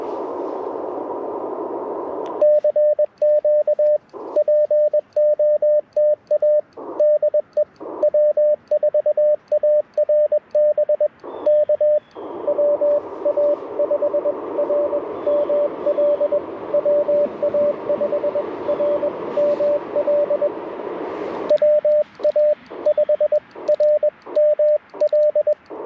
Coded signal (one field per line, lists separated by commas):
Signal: Morse code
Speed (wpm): 21 wpm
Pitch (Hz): 590 Hz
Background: radio noise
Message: CQ POTA DE W4ARB K WA5RML WA5RML WA5RML